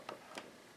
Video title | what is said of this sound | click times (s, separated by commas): BOSCAM Solar Powered Wireless Back Up Camera SunGo | you wait for it to snap in place, and | 0.1 s, 0.4 s